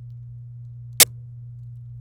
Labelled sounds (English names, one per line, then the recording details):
Domestic Canary song
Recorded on 27 April 2018 at 07:48
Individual llb3